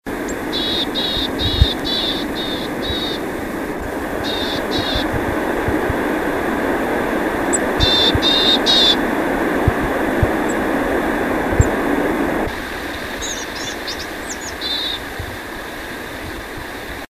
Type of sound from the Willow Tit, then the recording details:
call. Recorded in the wild. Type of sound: call. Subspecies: montanus. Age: adult. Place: Pontresina, Oberengadin, CH. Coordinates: 46.49, 9.9. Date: 1963-08-01. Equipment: Vollspur. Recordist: Tretzel, Erwin. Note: Alpenmeise: Rufe (August 1963)